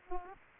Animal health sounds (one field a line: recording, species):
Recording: mosquito wingbeat signal from an infrared sensor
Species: Aedes aegypti